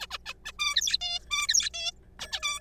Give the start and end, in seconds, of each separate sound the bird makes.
0.01-0.06, 0.11-0.18, 0.26-0.34, 0.45-0.52, 0.59-0.97, 1.01-1.19, 1.31-1.47, 1.49-1.70, 1.74-1.91, 2.19-2.27, 2.32-2.40, 2.43-2.59